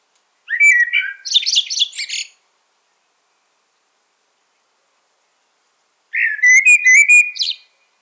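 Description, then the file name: Common blackbird: a buzzy, twittering phrase of quick high notes, then after a pause a smoother mellow warbled whistle. "Turdus merula"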